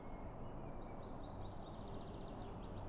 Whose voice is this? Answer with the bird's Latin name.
Fringilla coelebs